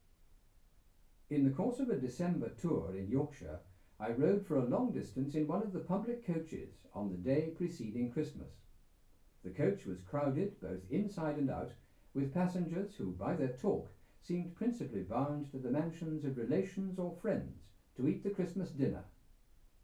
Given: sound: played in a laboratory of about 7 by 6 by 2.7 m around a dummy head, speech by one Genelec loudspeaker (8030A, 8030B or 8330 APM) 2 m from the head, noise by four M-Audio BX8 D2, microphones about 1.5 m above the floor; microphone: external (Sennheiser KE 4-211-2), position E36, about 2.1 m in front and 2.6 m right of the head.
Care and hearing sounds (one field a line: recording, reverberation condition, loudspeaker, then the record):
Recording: male speech in English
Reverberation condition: low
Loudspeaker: 60 degrees to the right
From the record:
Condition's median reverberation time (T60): about 310 ms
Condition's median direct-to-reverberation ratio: about 3.5 dB